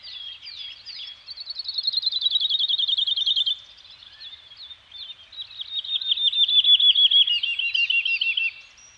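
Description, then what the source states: Bird song: a rapid high trill that slides slightly downward, a brief pause with soft chirps, then a second, louder run of quick repeated notes. Nature soundscape of a Scandinavian forest environment with birds singing.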